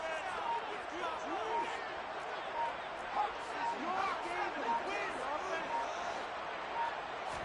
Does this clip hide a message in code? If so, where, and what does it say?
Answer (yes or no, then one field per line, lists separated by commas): no